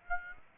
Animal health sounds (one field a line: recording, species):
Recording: mosquito wingbeat signal from an infrared sensor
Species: Aedes aegypti